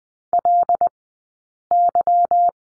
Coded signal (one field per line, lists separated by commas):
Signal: Morse code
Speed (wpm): 19 wpm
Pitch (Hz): 700 Hz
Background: none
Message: L Y